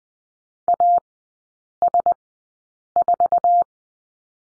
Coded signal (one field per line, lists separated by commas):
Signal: Morse code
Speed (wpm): 20 wpm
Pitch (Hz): 700 Hz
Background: none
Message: AS4